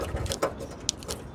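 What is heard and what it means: A wiring loom plug is pushed onto the connector of a new LED tail light cluster on a Ford Ranger, with faint rustling and light knocks around it. A sharp click at 0.9 s marks the plug seating into the tail light connector. No talk is heard.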